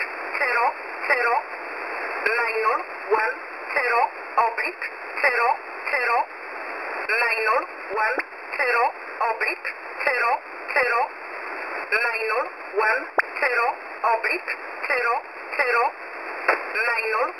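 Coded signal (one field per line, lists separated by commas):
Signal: numbers station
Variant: E11 Oblique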